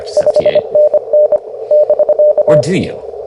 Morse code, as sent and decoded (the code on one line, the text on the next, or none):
..... -. -. / -...-.-
5NN <BK>